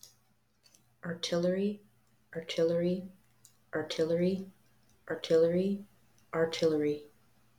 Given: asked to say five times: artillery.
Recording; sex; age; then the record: repeated word; female; 20 to 29 years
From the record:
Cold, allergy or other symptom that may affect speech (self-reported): no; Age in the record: 20 years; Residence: Florida, United States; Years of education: 14